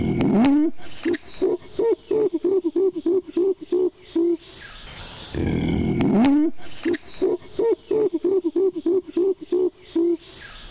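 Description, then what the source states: Gorilla hooting, two bouts of rapid low hoots repeated about three per second, each bout opening with a rising call. Adult female hooting; a call used differently by Western gorillas and mountain gorillas.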